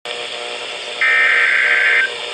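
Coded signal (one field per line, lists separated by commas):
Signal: Emergency Alert System (SAME) tones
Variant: header bursts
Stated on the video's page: NOAA Radio alerts.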